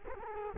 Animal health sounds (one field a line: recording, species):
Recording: mosquito wingbeat signal from an infrared sensor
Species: Culex quinquefasciatus